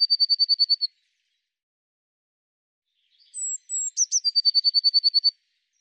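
Eurasian blue tit with a rapid ringing trill, a pause, then two thin, very high drawn-out notes and a sharp note running straight into another long, evenly pulsed trill.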